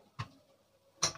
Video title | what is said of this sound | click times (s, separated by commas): Ganti Flexible LCD A7ii dengan Mudah | masuk ya sini sudah klik ok sip kita | 1.0 s